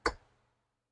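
A very stiff steel snap ring is pressed hard onto a Barnett Scorpion motorcycle clutch hub on a Harley-Davidson during the install. One sharp, brief tick at about 0.1 s fades out within about half a second. Nothing has seated or clicked into the groove yet.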